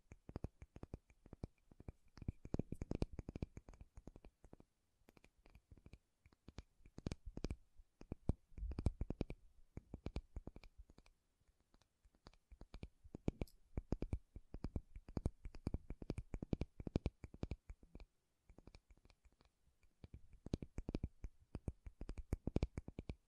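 Makeup items are tapped and scratched in quick, dense bursts of sharp clicks, coming in clusters of a few seconds with brief pauses between, such as near 5 and 18 seconds. The taps are crisp and bright, some with a duller low knock.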